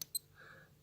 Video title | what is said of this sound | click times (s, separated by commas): Casio Protrek PRW-6000 - Watch Review & Detailed How-to Tutorial on module 5365 | gonna leave it at all whence that operation is not pushed the crown back in there's the click and then rotate the crown | 0.0 s